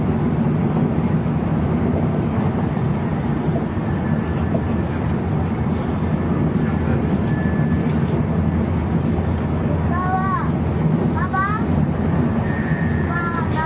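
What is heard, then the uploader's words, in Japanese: A JR N700 series bullet train runs between Kyoto and Shin-Yokohama, a steady, dense low rumble and roar holding at an even level throughout. Near the end, from about ten seconds on, brief wavering voice-like tones rise faintly above the noise. JRN700系 京都〜新横浜。ひかり530号に乗車し、録音しました。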